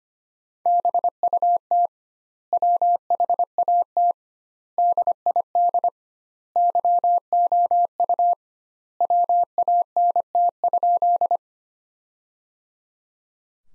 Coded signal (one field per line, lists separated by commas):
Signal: Morse code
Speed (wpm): 25 wpm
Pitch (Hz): 700 Hz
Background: none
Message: BUT WHAT DID YOU WANT?